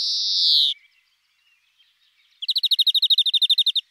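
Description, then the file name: European greenfinch song opening with a long harsh wheezing note falling slightly, then after a gap a quick even trill. "Verdier-d Europe"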